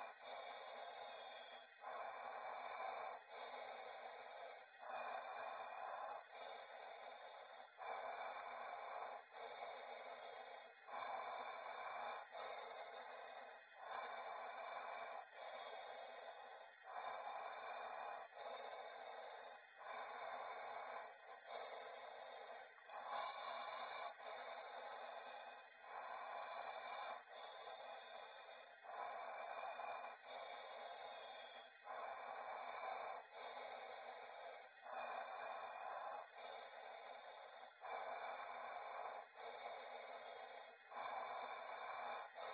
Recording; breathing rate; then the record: paced breathing near a phone; 20 breaths a minute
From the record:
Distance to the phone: 40 cm